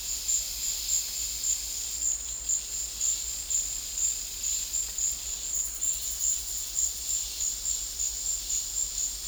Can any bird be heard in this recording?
no